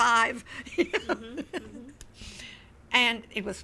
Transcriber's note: she laughs